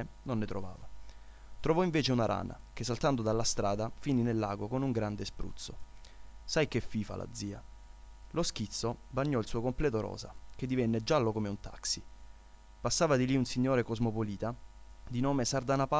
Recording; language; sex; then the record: read passage; Italian; male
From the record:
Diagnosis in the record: healthy control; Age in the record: 20 years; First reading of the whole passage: 40 s, 12.9 characters per second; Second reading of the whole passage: 40 s, 12.9 characters per second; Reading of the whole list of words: 47 s, 6.0 characters per second